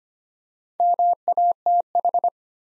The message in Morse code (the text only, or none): MATH